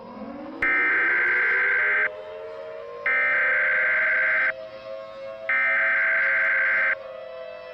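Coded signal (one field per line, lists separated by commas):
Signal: Emergency Alert System (SAME) tones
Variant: header bursts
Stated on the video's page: EAS scenario, a fictional nuclear supervolcano alert.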